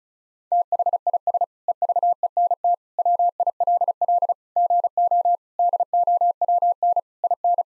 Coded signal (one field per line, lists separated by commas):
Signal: Morse code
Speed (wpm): 36 wpm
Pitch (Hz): 700 Hz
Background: none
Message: THIS EVENT WILL GO DOWN IN